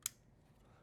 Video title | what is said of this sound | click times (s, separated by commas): Ultraview Slider 2 | Snaps into place, locks in, good. | 0.1 s